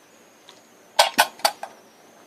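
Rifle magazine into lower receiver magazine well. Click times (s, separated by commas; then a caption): 1.0 s, 1.2 s. A stainless steel E-Lander USGI-style M16 rifle magazine is inserted into the magazine well of a lower receiver with the upper removed. It goes in easily and snaps into place with sharp metallic clicks at 1.0 s and 1.2 s. More light metal clinks follow around 1.5 s and 1.6 s.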